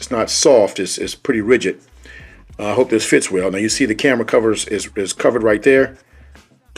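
Someone talks while handling a Doxlion TPU case for a Samsung Galaxy S22 Ultra, a rigid rather than soft case with a sliding camera cover shown covering the lenses. Two brief sharp sounds occur near the end at about 6.4 s and 6.8 s. The clip ends before the slide cover locks into place, and nothing has seated or clicked yet.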